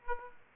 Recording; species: mosquito wingbeat signal from an infrared sensor; Aedes aegypti